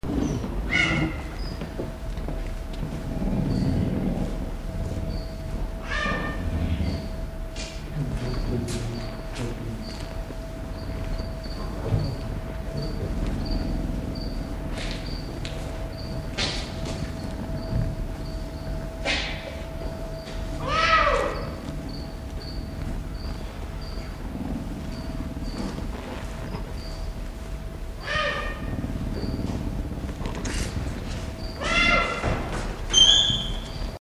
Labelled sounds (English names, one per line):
Puma call